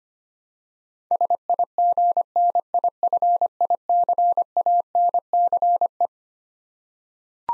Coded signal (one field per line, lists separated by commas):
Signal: Morse code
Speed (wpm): 25 wpm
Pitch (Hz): 700 Hz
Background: none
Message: SIGNIFICANCE